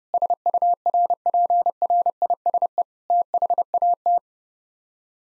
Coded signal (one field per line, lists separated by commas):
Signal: Morse code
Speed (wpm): 28 wpm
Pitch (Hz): 700 Hz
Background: none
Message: SURPRISE THAT